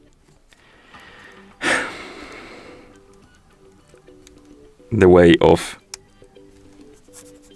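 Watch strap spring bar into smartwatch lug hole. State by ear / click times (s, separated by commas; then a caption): seated / 5.9 s. A watch strap's spring-loaded quick-release pin is fitted into the lug hole of a MIBRO Watch Lite 3 Pro smartwatch, attaching the second strap after some struggling. Someone talks over quiet background music, and the pin snaps home with a sharp click at 5.9 s. The strap is seated, and both straps are now attached.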